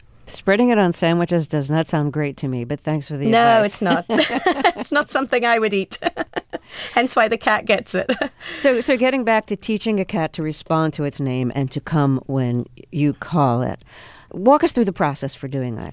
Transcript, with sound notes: Spreading it on sandwiches does not sound great to me, but thanks for the advice.
No, it's not. (LAUGHTER) It's not something I would eat, (laughter) hence why the cat gets it.
So getting back to teaching a cat to respond to its name and to come when you call it, walk us through the process for doing that.